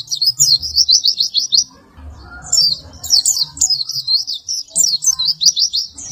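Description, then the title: White-eye singing quick high-pitched chattering runs of squeaky notes, two bursts split by a short gap, over a soft low hum. "Pleci"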